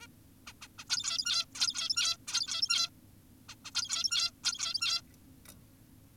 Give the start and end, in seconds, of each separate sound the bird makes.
0.02-0.07, 0.47-0.53, 0.62-0.68, 0.79-0.84, 0.90-1.46, 1.55-2.17, 2.28-2.90, 3.49-3.55, 3.65-3.71, 3.75-4.31, 4.44-5.02